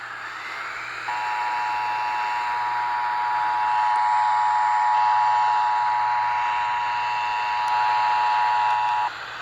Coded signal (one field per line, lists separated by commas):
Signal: Emergency Alert System (SAME) tones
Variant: 853 and 960 Hz attention tone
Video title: Scholastic Storms IV (EAS Alerts from 5/16/23) EAS #61-#80